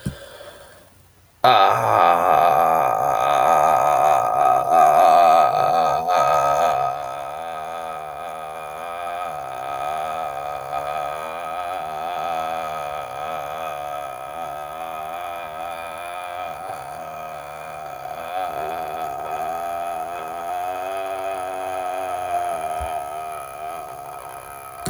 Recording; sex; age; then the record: vowel held as long as possible; male; 30 to 39 years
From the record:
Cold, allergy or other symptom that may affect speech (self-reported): no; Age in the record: 31 years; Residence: South Carolina, United States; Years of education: 16